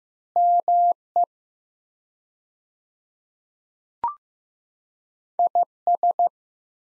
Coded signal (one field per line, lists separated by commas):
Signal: Morse code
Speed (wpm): 15 wpm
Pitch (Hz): 700 Hz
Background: none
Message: ME IS